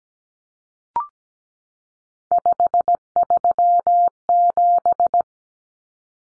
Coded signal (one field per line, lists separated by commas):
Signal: Morse code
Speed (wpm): 17 wpm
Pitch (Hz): 700 Hz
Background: none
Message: 537